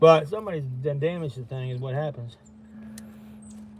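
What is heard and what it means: Someone talks over a steady low hum while working a worn push-in retaining clip into an engine coolant fitting on a Chevy Cruze 1.4T during a thermostat and coolant housing upgrade. The clip is pushed in while being pulled so it expands, and a short sharp click at 3.0 s marks it popping into its seat.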